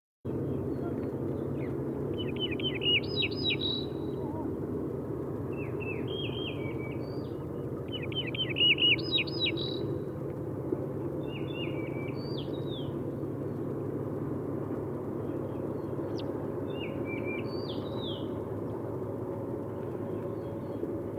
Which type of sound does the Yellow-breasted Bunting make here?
song